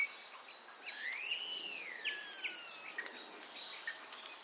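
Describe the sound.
Common starling call: a long clear whistle that rises then slowly falls, with faint clicks and thin high notes around it.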